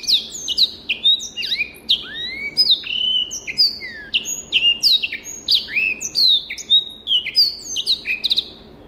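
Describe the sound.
Rüppell's warbler song: a fast, continuous scratchy chatter of sharply downslurred and hooked notes, high-pitched and tumbling along without a break.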